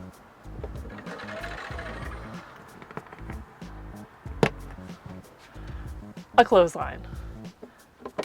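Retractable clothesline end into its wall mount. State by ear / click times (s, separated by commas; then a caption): seated / 8.2 s. A retractable clothesline inside a camper van is pulled across and its end hooked into its wall mount, locking in place with a short, sharp click at 8.2 s. Someone talks over a steady background of music, and a louder sharp tap is heard around 4.5 s.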